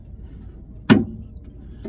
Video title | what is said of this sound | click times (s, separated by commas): civic door handle replacement! #cars #car #honda #civic #automobile #racing #mechanic #drift | there you go that snap that's how you know it's all the way in so now | 0.9 s